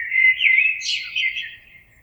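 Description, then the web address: Common blackbird song: a warbled phrase of fluty notes with a higher twittering flourish in the middle, fading out toward the end. Recorded 26 April 2022. "oiseaux Merle 2022 04 26"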